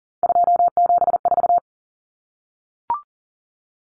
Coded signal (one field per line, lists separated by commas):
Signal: Morse code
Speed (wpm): 40 wpm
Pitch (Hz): 700 Hz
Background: none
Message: 274